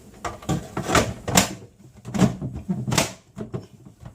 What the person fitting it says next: Just snaps into place.